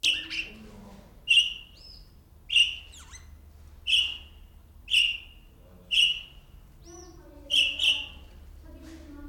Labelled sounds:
Golden-breasted Starling call
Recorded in captivity
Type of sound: call
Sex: diverse
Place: Zoo Berlin, Berlin, DE
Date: 1996-02-24 11:53
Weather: heiter, -6°C
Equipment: Sony WM-D6C, Sennheiser ME 80, Kopie Uher 4000 Report Monitor
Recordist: Tembrock, Günter
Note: 2 Exemplare: Rufe

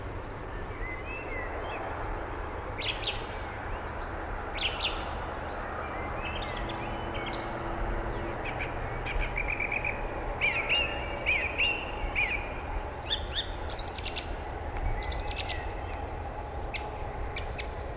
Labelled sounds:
Song Thrush song
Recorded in the wild
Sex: male
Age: adult
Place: Ebrach, Bayern, DE
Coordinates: 49.8481, 10.4878
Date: 1962-04-17
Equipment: Stellavox SM 5, Original, Vollspur
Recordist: Tretzel, Erwin

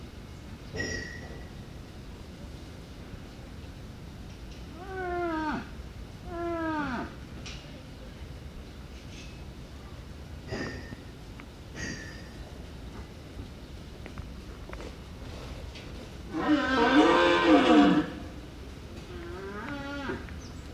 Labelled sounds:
Wapiti rut call
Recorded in captivity
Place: Zoo Moskau, RU
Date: 1970-09-08
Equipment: Uher 4200 Report Stereo, Sennheiser MD 421
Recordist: Tembrock, Günter

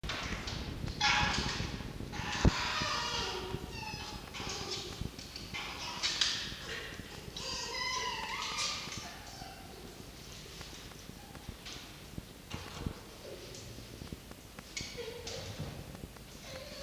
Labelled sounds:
Red Fox
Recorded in captivity
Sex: male
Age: adult
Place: Zoologisches Institut der HUB, Berlin, DE
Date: 1953-02-18 18:18
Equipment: Elmetra
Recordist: Tembrock, Günter

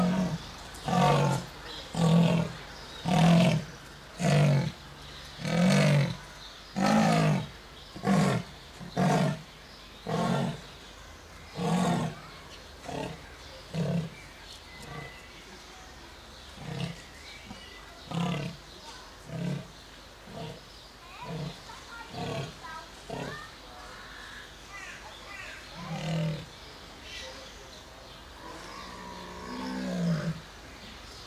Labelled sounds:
Leopard call
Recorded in captivity
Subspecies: saxicolor
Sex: male
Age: adult
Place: Zoo Berlin, Berlin, DE
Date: 2004-06-07 14:59
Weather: partly sunny, 25°C
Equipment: Sony WM-D6C, Sennheiser ME 80, Kopie Uher 4000 Report Monitor
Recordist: Tembrock, Günter

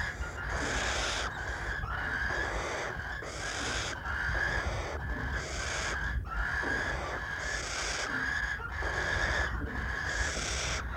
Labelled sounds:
Western Barn Owl call
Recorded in the wild
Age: juvenile
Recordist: Meyer, Hugo

